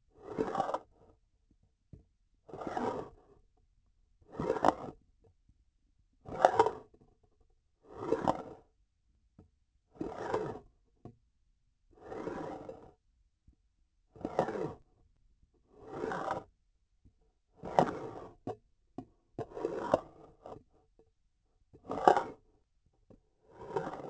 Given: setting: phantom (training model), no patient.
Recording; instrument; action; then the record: laparoscopic instrument, vibration sensor on the handle end; grasping forceps; approaching and retracting movements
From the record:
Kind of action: spatial motion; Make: Olympus